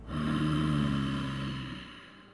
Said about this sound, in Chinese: 粗重的喘息声在黑暗中很有律动。